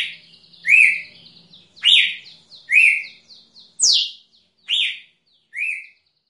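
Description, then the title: Red-cowled cardinal whistling several strong slurred notes, one a sharp downward slide, over a soft twitter in the first part. Female singing. "Canto Galo Campina Fêmea. Galo de Campina"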